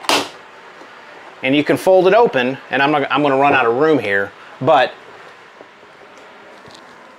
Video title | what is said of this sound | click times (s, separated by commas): Ultra Light Weight 200w Solar Panel Review: ROPHIE Flexible Solar Panel | it just kind of snaps in place | 0.1 s